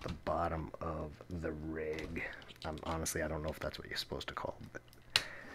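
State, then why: Seated. A part of a Plantronics RIG gaming headset set is pushed into the bottom of the headset mixer unit while someone talks. A sharp snap at 5.2 s shows it has seated.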